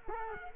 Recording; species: mosquito wingbeat signal from an infrared sensor; Culex quinquefasciatus